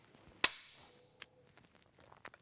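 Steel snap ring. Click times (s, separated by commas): 0.4 s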